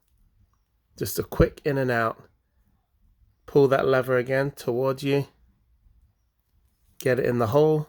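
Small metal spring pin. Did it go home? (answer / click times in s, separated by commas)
no / none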